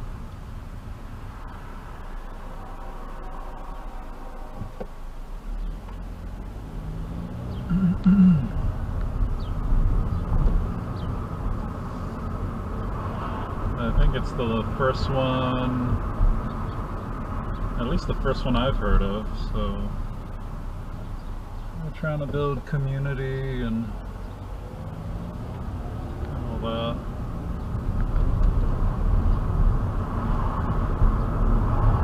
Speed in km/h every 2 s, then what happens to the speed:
10, 0, 0, 8, 16, 21, 24, 29, 29, 24, 18, 11, 10, 18, 23, 27.
0-2 brakes to 0. 2-5 standing. 5-14 pulls away to 29. 17-24 slows to 10. 24-32 speeds up to 27.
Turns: 22-26.